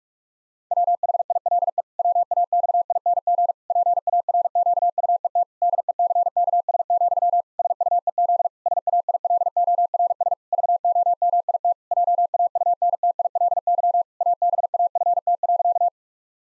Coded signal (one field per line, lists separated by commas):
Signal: Morse code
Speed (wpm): 41 wpm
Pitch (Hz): 700 Hz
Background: none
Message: WHILE WAXING PARQUET DECKS, SUEZ SAILORS VOMIT JAUNTILY ABAFT.